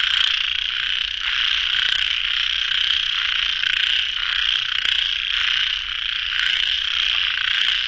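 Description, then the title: Many frogs trilling together in a continuous high, buzzy chorus that never stops. Frogs at a pond late at night, recorded in the field by the recordist. "深夜水塘蛙声伴你入眠 ［声谷］"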